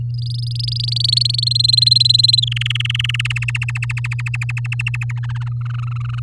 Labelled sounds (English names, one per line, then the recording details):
Domestic Canary song
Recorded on 6 May 2018 at 12:39
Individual llb16